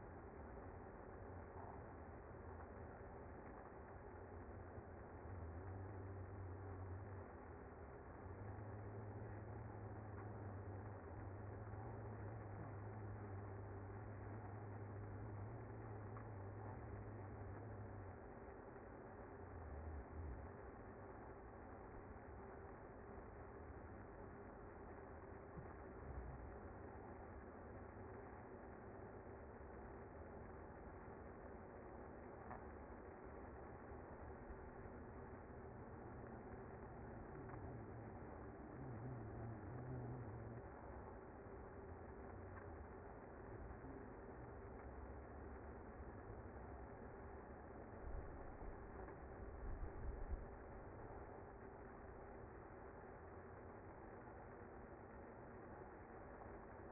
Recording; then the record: honeybee colony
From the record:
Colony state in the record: active